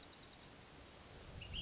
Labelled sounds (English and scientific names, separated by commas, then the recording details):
Ash-throated Flycatcher (Myiarchus cinerascens)
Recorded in Sonoma County, California